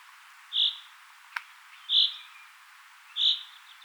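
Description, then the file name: Common chaffinch repeating three short, bright call notes, each over a second apart, with a faint click between the first two. "Fringilla coelebs"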